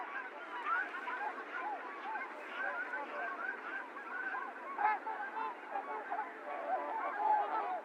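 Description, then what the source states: Trumpeter swans calling in a dense chorus, many overlapping nasal honks blending into a steady clamour with no pauses. Recorded 28 January 2022; recording low-cut filtered; several swans.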